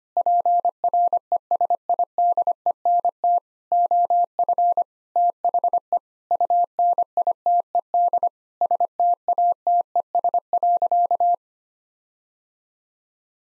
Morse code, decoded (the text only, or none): PRESIDENT OF THE UNITED STATES.